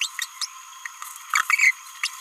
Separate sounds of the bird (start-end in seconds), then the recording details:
0.01-0.11, 0.21-0.27, 0.42-0.48, 1.33-1.42, 1.50-1.71, 2.04-2.07. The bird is a male. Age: 29 days. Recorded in a nest box in Venezuela. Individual 17B31A1